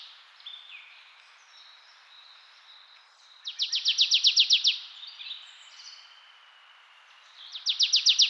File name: Poecile palustris